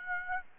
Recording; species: mosquito wingbeat signal from an infrared sensor; Aedes aegypti